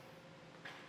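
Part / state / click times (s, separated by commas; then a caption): hitch bike rack tilt latch locking the rack upright / not seated / none. A Thule Epos 2-bike hitch rack on a 2024 Mercedes-Benz GLE, tilted down for access to the rear of the vehicle, is pushed up toward its upright travel position. A steady low background hum is broken by one brief, brighter burst at about 0.7 s. The tilt latch has not clicked yet, and the rack has not seated upright.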